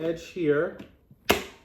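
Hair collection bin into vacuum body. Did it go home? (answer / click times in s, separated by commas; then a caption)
yes / 1.3 s. Someone talks while a plastic hair collection bin on a dog grooming vacuum is lined up edge to edge and pressed back onto the vacuum body. A sharp snap at 1.3 s marks the bin lid clicking back into place, and it is seated.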